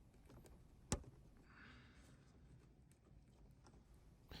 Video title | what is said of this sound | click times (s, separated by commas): Honda Accord Dashcam Install - Fitcamx direct fit - 2018 Accord Dashcam | it's a little bit hard to push in but you should be able to push it in and you should hear it snap in place | 0.9 s